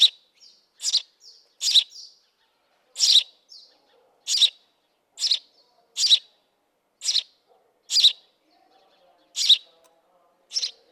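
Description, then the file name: House sparrow calling with a run of sharp, broad chirps roughly a second apart, with softer notes between. "Passer domesticus"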